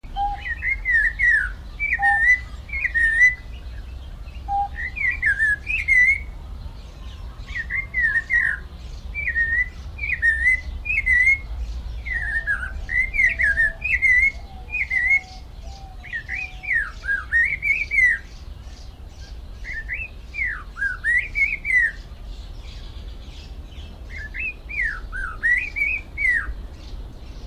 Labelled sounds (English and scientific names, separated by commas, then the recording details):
Vieillot's Barbet (Lybius vieilloti) call
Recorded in captivity
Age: adult
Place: Zoo Berlin, Berlin, DE
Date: 1994-05-07 11:56
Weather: heiter, 12-18°C
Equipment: Marantz CP 430, Sennheiser ME 80, Kopie Uher Variocord 263
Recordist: Tembrock, Günter